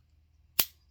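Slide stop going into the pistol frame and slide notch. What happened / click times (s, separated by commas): A small steel part snapped into its seat / 0.6 s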